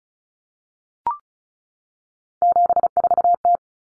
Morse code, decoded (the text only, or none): 74T